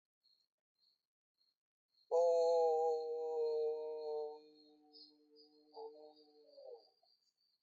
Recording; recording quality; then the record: sustained vowel as in boot; excellent, no background noise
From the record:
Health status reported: healthy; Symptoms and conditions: none ticked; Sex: female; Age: 42 years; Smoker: not ticked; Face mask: not worn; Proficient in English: yes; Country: India